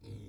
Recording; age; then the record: pig call; weaner (32 to 43 days)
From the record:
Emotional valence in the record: positive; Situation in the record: positive conditioning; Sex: female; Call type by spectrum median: low-frequency call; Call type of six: low-frequency stable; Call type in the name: low-frequency stable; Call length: 0.29 s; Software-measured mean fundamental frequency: 53 Hz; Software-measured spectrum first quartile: 102 Hz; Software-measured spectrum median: 189 Hz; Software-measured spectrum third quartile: 542 Hz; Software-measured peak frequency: 105 Hz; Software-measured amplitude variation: 134 dB a second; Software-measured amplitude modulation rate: 20.8 a second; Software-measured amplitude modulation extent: 6.5 dB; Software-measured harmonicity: 2.0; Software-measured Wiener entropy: 0.10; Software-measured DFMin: 1111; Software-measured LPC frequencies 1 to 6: 2320, 3478, 4099, 5101, 6155, 7184 Hz